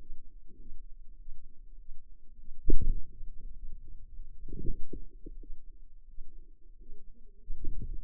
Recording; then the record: forearm muscle sounds (acoustic myography)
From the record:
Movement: wrist flexion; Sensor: system 2, bracelet of six BSWA MPA416 microphones around the upper forearm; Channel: 3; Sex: female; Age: 23 years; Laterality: right